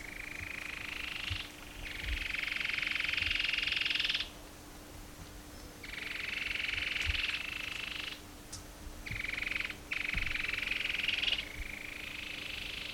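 Cherrie's antwren giving a run of fast buzzy trills, several long bursts with gaps between, and a constant low hum.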